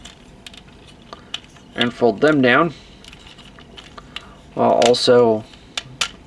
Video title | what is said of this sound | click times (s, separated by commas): Transformers Cybertron: Deluxe Class Buzzsaw Review | they'll the knees will lock into place and then we'll fold down the guns to | 5.8 s, 6.0 s